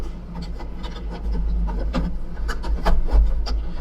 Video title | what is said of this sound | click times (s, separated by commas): Miele C1 SCAE0 s4000 Vacuum Cleaner Repair | he's down and you hear the click then you can remove this everything's in its place yeah | 2.5 s